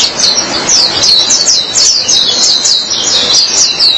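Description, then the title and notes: White-eye song: rapid high thin twittering phrases, repeated in quick bursts throughout, with a faint hiss underneath. Chirping song. "Suara kicauan burung pleci"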